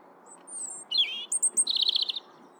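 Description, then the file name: European robin phrase of thin high whistles, a descending slurred note, then a quick buzzy trill of repeated notes, over low background hiss. "Erithacus rubecula"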